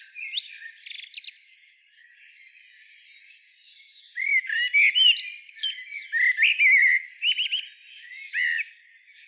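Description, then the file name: Common blackbird producing scratchy, high twittering notes, then after a quiet stretch a long run of rapid squeaky chirps and buzzy trills. "Turdus merula"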